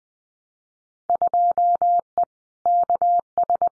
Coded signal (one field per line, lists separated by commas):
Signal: Morse code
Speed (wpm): 20 wpm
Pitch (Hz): 700 Hz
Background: none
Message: 2E KS